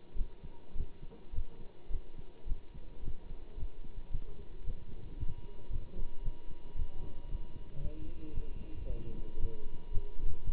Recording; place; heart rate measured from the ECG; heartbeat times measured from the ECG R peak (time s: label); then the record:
heart sounds by stethoscope; between the tricuspid and mitral areas; 111 bpm
0.15 s: heartbeat
0.74 s: heartbeat
1.32 s: heartbeat
1.89 s: heartbeat
2.46 s: heartbeat
3.01 s: heartbeat
3.56 s: heartbeat
4.10 s: heartbeat
4.63 s: heartbeat
5.16 s: heartbeat
5.69 s: heartbeat
6.22 s: heartbeat
6.75 s: heartbeat
7.28 s: heartbeat
7.80 s: heartbeat
8.33 s: heartbeat
8.86 s: heartbeat
9.38 s: heartbeat
9.91 s: heartbeat
10.44 s: heartbeat
From the record:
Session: Bruce protocol treadmill stress test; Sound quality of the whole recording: good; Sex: male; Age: 25 years